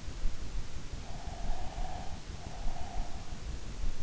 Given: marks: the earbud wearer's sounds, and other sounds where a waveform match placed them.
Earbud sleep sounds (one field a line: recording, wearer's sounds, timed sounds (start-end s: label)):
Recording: sounds in sleep by an in-ear microphone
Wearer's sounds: breath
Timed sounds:
1.09-3.48 s: breath